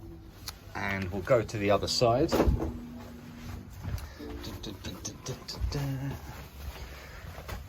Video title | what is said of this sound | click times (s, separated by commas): CCS Creative Car Sounds - BMW made Upgrading the Audio on the i8 very Awkward, why do it like that? | So you'll pull it, don't pull it too tough, but you'll feel a little click. | 0.5 s